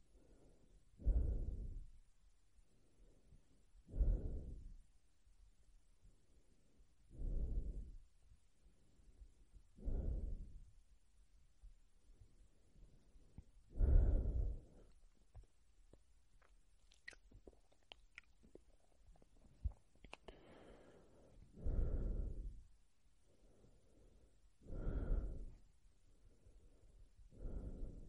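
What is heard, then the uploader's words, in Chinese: Slow mouth breathing, each breath a soft low whoosh roughly every three seconds, with faint clicks and small mouth sounds between breaths. 嘴巴沉浸式呼吸。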